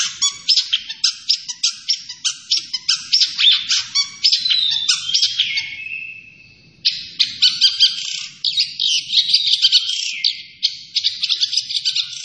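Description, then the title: Long-tailed shrike singing a dense, varied chattering song of rapid notes and buzzy phrases, breaking off briefly near the middle before resuming just as busily. Named by the Indonesian local name cendet; described as gacor, an Indonesian term for a bird that sings vigorously and often. "Cendet Gacor"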